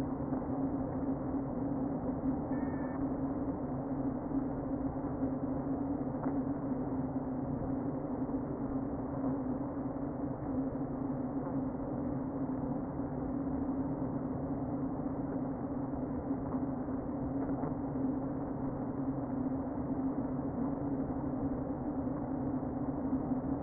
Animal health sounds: honeybee colony, microphone inside the hive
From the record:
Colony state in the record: queen present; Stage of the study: before two queens were removed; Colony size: about 60,000 bees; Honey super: yes

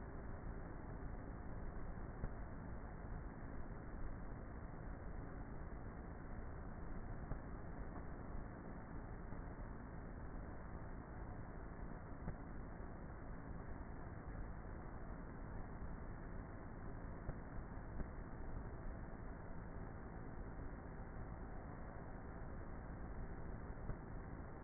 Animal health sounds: honeybee colony, microphone inside the hive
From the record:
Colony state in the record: queenless with a low population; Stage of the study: before two queens were removed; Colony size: about 30,000 bees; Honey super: no

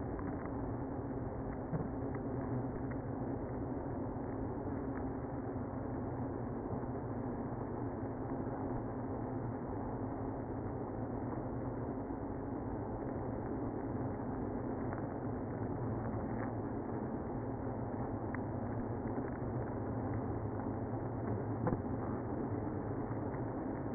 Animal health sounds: honeybee colony, microphone inside the hive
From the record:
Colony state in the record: queenless (queen removed); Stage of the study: after two queens were removed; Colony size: about 60,000 bees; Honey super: yes

